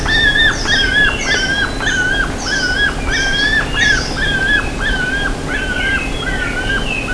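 Bird calls: a rapid series of short whistled notes, each flat then dipping at the end, with higher chirps above, over a steady low hum.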